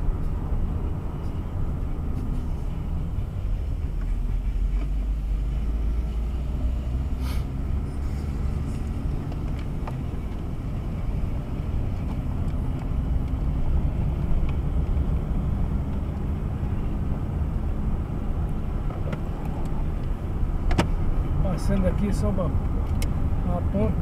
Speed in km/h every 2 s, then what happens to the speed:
22, 12, 17, 22, 25, 28, 30, 32, 33, 33, 34, 35.
0-3 slows to 12. 3-9 speeds up to 28. 9-24 steady at about 33.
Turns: none.